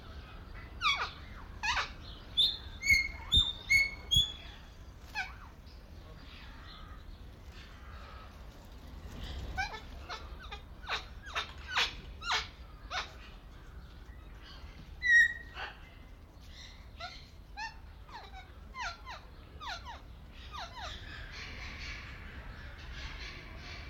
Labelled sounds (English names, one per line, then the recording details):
Greater Vasa Parrot
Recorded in captivity
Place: Zoo Berlin, Berlin, DE
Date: 1995-03-11 11:56
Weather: sonnig, 0 - 5°C
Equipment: Sony WM-D6C, Sennheiser ME 80, Kopie Uher Variocord 263
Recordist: Tembrock, Günter